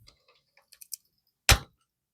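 The last attachment point of a new plastic cab with the correct numbers is pressed onto the body of a Lionel 6-18261 BN SD-60 model locomotive during a cosmetic repair. A few faint small ticks are followed by one loud, sharp snap at 1.5 s. The cab is seated.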